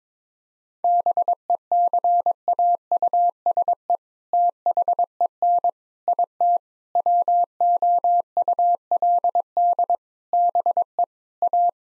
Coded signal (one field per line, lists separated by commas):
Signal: Morse code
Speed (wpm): 22 wpm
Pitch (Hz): 700 Hz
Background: none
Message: BECAUSE THEN IT WOULD BE A